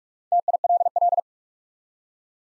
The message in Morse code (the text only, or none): TILL